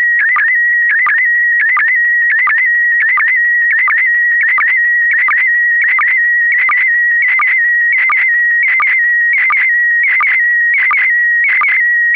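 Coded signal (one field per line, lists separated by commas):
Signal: SSTV (slow-scan television)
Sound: warbling steady tone near 2 kHz with short low sync blips about every 0.7 seconds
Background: radio static crackle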